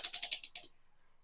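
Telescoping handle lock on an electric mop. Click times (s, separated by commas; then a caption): 0.6 s. A telescoping handle on an electric mop is extended to set its height, producing a quick series of sharp mechanical clicks. The handle lock clicks into place at about 0.6 s, after which the sound drops to near silence.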